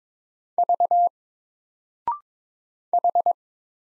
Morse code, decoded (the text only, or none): V H